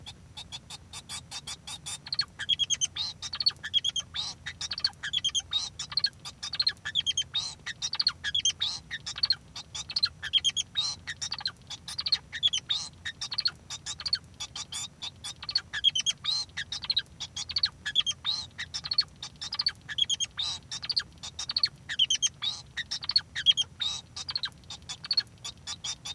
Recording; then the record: song of a male Bengalese finch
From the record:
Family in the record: son of father 2